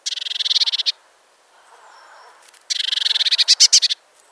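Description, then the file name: Eurasian blue tit churring calls: two buzzy, rapidly pulsed trills, the second longer and finishing with louder rasping clicks, separated by a quiet pause. "Cyanistes caeruleus"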